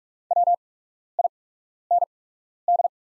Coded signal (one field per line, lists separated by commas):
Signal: Morse code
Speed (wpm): 44 wpm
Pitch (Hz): 700 Hz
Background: none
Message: WIND